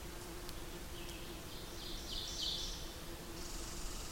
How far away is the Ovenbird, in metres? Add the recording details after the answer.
about 40 m. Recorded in boreal forest in Alberta, Canada, on 8 June 2016 at 08:04. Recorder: SongMeter 3, array SBT-3-9. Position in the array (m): 141 m, 129 m. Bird 35